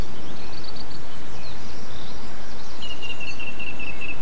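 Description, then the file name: Bird song, soft high twitters, then a thin trilled whistle held for over a second near the end, over constant low background noise. Extract of bird song recorded 8 April 2007 with an MZ-N710 recorder. "MZ-N 710 Chants d oiseaux 8 04 07 extrait"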